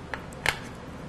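A magnetic seven-way trailer plug is pushed into its magnetic storage holder mounted on the trailer, which holds it in place and keeps the plug from dragging. Two short, sharp hits sound at 0.1 s and 0.5 s, the second louder, as the plug seats in the holder.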